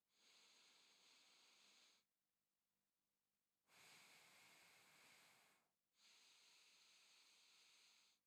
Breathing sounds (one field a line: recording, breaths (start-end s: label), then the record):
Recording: nose breathing near a microphone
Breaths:
0.00-2.08 s: inhalation
3.33-5.73 s: exhalation
5.73-8.23 s: inhalation
From the record:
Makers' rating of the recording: medium